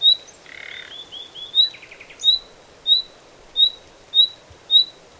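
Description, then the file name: Common nightingale giving a harsh croak and a short stuttering rattle among a steady series of clear, rising whistled calls. "Luscinia megarhynchos"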